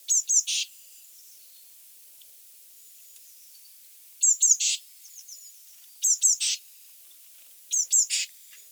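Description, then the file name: Eurasian blue tit repeating a high two-note chip followed by a buzzy scold, four phrases with faint softer notes between them. "Cyanistes caeruleus"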